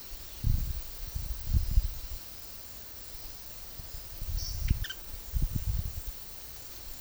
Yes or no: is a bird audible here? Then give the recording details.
yes. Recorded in secondary vegetation near Puerto Asís, Putumayo, Colombia, on 18 February 2024 at 11:30. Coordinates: 0.500, -76.326. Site G6428